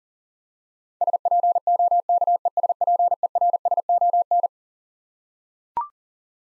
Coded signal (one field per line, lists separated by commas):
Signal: Morse code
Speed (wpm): 40 wpm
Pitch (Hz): 700 Hz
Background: none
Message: SPOKESPERSON